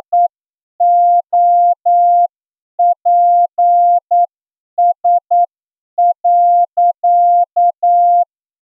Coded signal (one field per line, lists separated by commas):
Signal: Morse code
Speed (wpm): 9 wpm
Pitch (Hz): 700 Hz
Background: none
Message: EOPS.